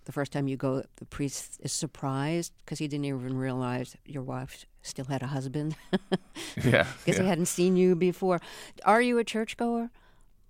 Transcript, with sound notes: The first time you go, the priest is surprised because he didn't even realize your wife still had a husband (laughter)...
Yeah.
...Because he hadn't seen you before. Are you a churchgoer?